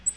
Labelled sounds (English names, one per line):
Black-throated Green Warbler flight call